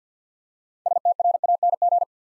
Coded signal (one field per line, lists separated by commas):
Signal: Morse code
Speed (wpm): 48 wpm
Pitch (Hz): 700 Hz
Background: none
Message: STRANG